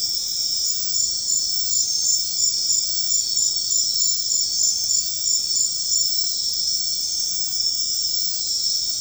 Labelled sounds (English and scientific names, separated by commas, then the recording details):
none
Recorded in secondary vegetation near Puerto Asís, Putumayo, Colombia, on 4 March 2025 at 01:30
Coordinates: 0.484, -76.319
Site G010